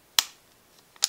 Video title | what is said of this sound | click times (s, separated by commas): Tokyo Marui P226 E2 Review [Airsoft] | but that's fine it holds the magazine in securely you can hear a nice click when it goes in | 0.2 s